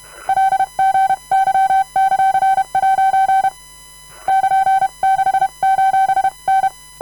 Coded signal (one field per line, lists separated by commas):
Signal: Morse code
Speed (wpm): 31 wpm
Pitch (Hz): 770 Hz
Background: none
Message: LGY;' <KN>6:N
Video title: Edy Boget de YB1JCD sending random morse code all characters, numbers and punctuation